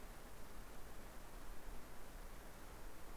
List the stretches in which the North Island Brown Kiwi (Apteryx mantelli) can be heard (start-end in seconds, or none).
none